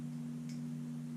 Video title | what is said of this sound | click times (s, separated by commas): M. Bison 1/4 Scale Statue Unboxing & Review | Oh there we go I heard a click that means something all right excellent | 0.5 s